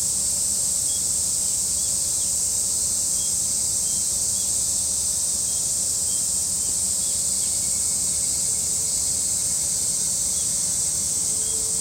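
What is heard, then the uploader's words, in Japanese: Cicadas drone in a dense, unbroken high hiss that holds steady for the whole stretch, loud. Underneath runs a low rumble, with faint short chirps dotted through the first half and a thin steady tone near the end. 夏は蝉さん多めの登場です。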